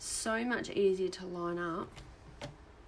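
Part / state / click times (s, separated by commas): guide arm on a paper trimmer / not seated / none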